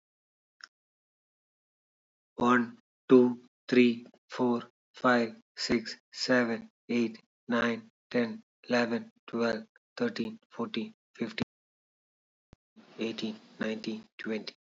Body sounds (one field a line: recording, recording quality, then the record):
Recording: counting at a normal pace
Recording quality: excellent, no background noise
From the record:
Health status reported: healthy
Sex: male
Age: 43 years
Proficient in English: yes